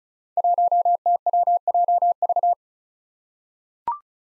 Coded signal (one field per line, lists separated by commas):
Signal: Morse code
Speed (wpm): 36 wpm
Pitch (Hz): 700 Hz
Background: none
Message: 1TWJV